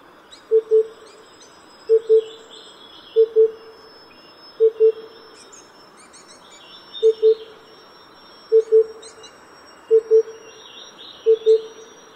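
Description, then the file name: Oriental cuckoo calls, low, hollow, paired hoots repeated about every one and a half seconds with one longer pause midway, with thin, high chirps and trills from other birds above. "中杜鵑"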